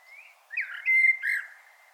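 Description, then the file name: Common blackbird singing one short fluted phrase, a soft whistle that swells into a loud, clear note and then a final warble. "Turdus merula"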